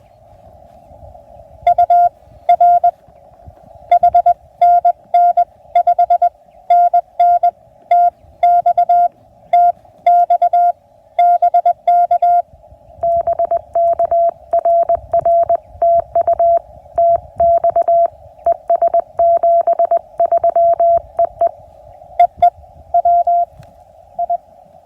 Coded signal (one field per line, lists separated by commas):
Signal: Morse code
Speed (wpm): 20 wpm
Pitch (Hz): 690 Hz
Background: none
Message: UR HNN 5NN TX TX BK BK RR TU TX ES 73 EE EE WI